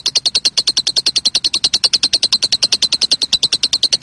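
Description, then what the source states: Lovebird chatter made of rapid, evenly spaced high clicking chirps, continuing without pause throughout. Call style named konslet.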